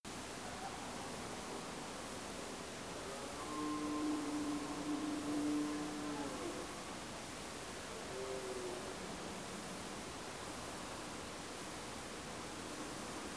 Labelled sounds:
red deer
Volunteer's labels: Cervus elaphus brame
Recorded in France

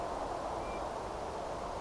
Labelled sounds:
European Golden Plover
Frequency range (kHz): European Golden Plover 2.2-2.5 kHz
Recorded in France

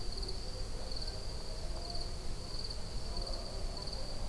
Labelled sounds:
none
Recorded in France

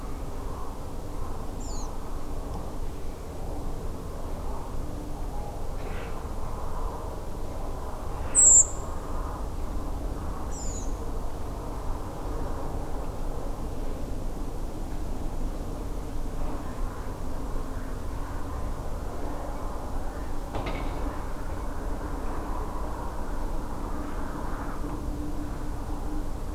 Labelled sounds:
Redwing
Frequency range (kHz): Redwing 3.5-8.8 kHz
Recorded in France

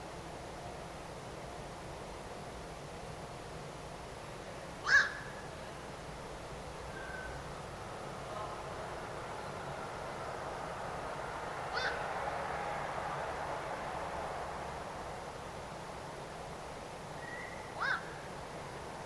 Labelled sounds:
Black-crowned Night-Heron
unidentified sound
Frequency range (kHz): Black-crowned Night-Heron 1.0-8.6 kHz
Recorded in France

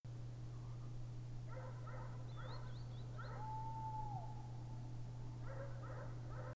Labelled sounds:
unidentified sound
unidentified animal sound
Green Sandpiper
Tawny Owl
man-made sound
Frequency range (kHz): Green Sandpiper 3.0-4.6 kHz; Tawny Owl 0.7-0.9 kHz
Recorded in France

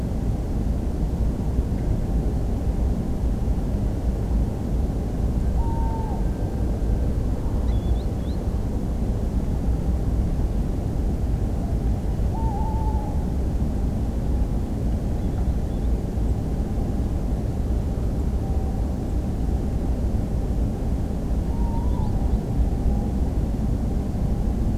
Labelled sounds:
Tawny Owl
Green Sandpiper
Song Thrush
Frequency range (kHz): Song Thrush 7.0-8.3 kHz
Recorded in France

